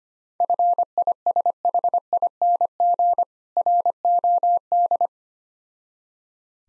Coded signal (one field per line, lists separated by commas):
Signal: Morse code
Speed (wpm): 25 wpm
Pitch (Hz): 700 Hz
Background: none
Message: FISHING ROD